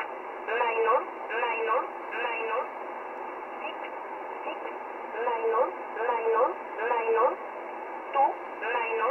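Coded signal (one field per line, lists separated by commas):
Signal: numbers station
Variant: E11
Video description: Polish Intelligence transmitting a message to an agent in the field.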